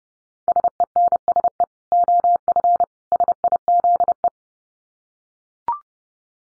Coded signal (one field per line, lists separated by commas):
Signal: Morse code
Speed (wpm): 30 wpm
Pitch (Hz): 700 Hz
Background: none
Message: SENSE OF SIZE